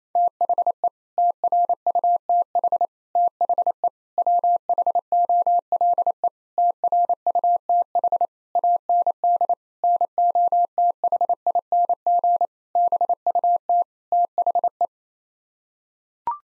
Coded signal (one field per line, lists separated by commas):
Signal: Morse code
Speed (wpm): 28 wpm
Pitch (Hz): 700 Hz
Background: none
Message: THE TRUTH THE WHOLE TRUTH AND NOTHING BUT THE